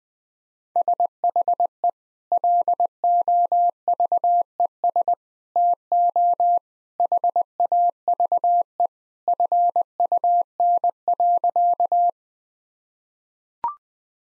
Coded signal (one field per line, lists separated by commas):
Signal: Morse code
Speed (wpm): 20 wpm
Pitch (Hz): 700 Hz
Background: none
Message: SHE LOVES TO HAVE FUN.